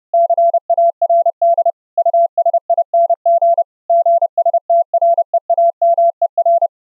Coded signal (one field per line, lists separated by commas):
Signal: Morse code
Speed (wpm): 30 wpm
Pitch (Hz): 680 Hz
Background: none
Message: CARD USING GSTREAMER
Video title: running the AD5DZ CW KEYER software in an UBUNTU GUEST on Windows 10 Hyper-V, with low latency audio